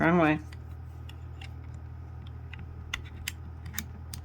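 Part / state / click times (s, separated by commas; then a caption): memory card into camera card slot / seated / 2.9 s. A memory card is reinserted into a camera's card slot after a media transfer. Someone talks briefly, then faint handling clicks and ticks are heard, and the card snaps into place at 2.9 seconds, followed by a few more light clicks.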